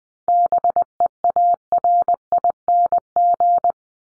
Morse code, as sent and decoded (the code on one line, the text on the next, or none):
-... . .- .-. .. -. --.
BEARING